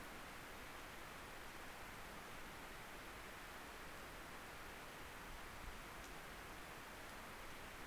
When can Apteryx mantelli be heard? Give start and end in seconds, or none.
none